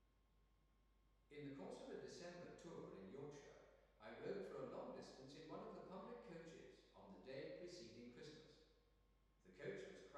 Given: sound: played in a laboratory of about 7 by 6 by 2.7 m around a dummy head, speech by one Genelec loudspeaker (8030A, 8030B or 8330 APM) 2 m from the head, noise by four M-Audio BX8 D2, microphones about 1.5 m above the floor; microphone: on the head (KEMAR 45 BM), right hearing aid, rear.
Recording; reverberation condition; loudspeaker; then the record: male speech in English; high; 120 degrees to the left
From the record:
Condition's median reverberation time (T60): about 1300 ms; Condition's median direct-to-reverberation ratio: about -4.0 dB